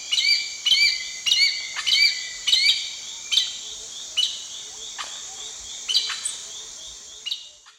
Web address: Natures Songs S America Eastern Lowlands. Pteroglossus pluricinctus, calls